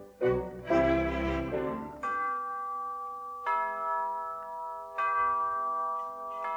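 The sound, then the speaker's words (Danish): Bells ring out with a loud, clangorous burst, followed by three slower resonant strikes spaced about a second and a half apart, each tone humming and fading before the next. “Det kendtes på klangen, som klokkerne gav.”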